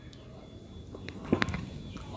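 A bobbin case is fitted into the shuttle race of a black sewing machine and pushed in until it clicks, because if it doesn't click it can fall out. Light handling taps come first, then a short sharp click at 1.4 s. The bobbin case is seated.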